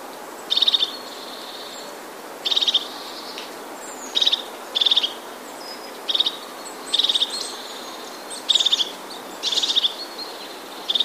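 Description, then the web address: Crested Tit calls: short, high, buzzy trills repeated several times over a faint steady hiss. "wroblowe ptaki czubatki"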